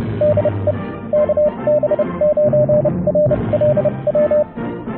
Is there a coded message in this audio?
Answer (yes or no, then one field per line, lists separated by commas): yes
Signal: Morse code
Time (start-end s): 0.2-4.4 s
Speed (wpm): 30 wpm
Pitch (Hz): 600 Hz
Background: radio noise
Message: DE KB9RLW